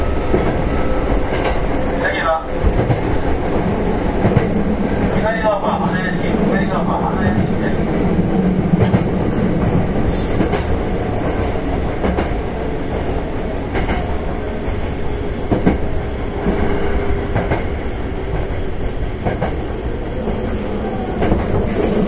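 An express train on the Takarazuka Line runs with a steady low rumble, brief squeals near the start and faint tones drifting through later.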